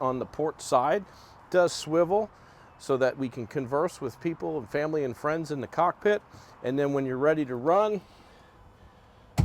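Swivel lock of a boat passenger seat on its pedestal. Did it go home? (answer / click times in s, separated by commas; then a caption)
yes / 9.4 s. Someone talks while the port-side passenger seat of a 2024 Sea Ray SLX 310 Outboard, which swivels on its pedestal to face people in the cockpit, is spun back to face forward for running. At 9.4 s the seat's swivel lock engages with a single sharp knock, locking the seat in place.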